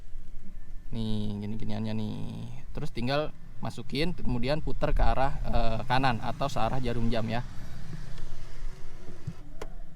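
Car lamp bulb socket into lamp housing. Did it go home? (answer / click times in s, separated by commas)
yes / 9.6 s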